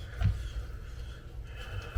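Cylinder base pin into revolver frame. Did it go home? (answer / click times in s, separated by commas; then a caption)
no / none. Someone presses down the latch and pushes the metal cylinder base pin back into the frame of a Ruger Wrangler .22 revolver. Only low handling bumps and rustles are heard, with a brief knock near 0.3 seconds. Nothing has seated or clicked yet.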